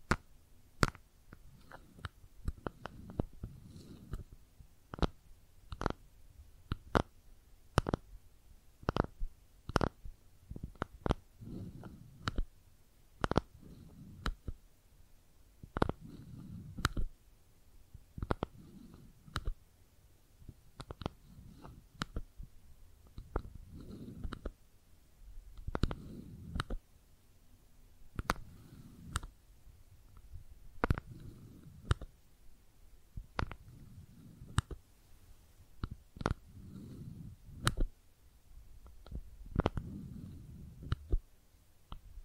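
Makeup tapping and scratching, heard as sharp, crisp taps that come roughly every second across the whole clip, some in quick pairs. Between them, soft low scratching and rubbing swells and fades in patches, with a faint hiss underneath.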